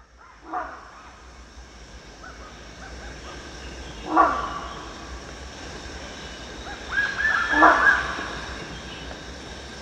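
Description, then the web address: Rhinoceros hornbill calling with harsh, hoarse honks, two single notes then a quick cluster of several near the end, over a constant droning forest chorus. Recorded at Danum on 1 January 2008. "DANUM 20080101. rhinoceros hornbill"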